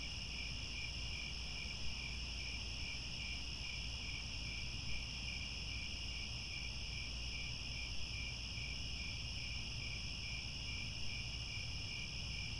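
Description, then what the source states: Crickets chirping continuously, rapid pulsed trills stacked at several pitches, with a low steady rumble in the background. Chorus of crickets chirping at twilight as the sun sets and stars appear.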